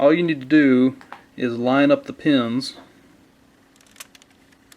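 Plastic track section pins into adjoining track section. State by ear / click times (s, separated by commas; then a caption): not seated / none. Someone talks for about the first three seconds while the pins of a plastic toy track section are lined up with an adjoining track section before the two are pushed together. This is followed by quiet handling and positioning noises, with a few faint taps near the end. Nothing has seated or clicked yet.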